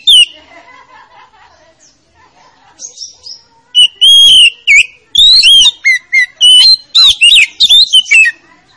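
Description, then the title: Oriental magpie-robin song: a brief loud note, a quiet spell, then a run of loud, sweet whistled notes, some slurred upward, others dropping, in quick varied phrases. Lure recording meant to make a reluctant magpie-robin sing. "Pancingan Kacer Yg Malas Bunyi"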